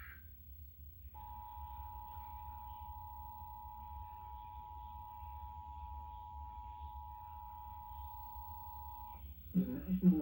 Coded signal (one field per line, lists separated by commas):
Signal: Emergency Alert System (SAME) tones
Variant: 853 and 960 Hz attention tone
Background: speech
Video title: Severe Thunderstorm Warning (EAS #110) (07/03/2026)